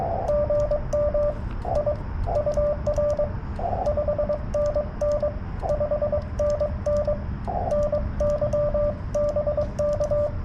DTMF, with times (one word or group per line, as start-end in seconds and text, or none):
none